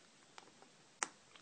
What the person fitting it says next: Voilà. Dès qu'on entend le clic, c'est que c'est bon.